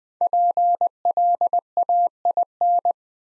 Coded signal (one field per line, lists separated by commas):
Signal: Morse code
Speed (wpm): 21 wpm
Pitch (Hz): 700 Hz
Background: none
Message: PLAIN